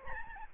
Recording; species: mosquito wingbeat signal from an infrared sensor; Aedes albopictus